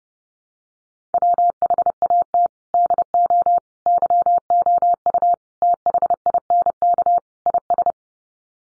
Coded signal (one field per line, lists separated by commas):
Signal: Morse code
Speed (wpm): 29 wpm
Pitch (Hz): 700 Hz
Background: none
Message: WHAT DO YOU THINK IS